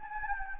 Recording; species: mosquito wingbeat signal from an infrared sensor; Anopheles gambiae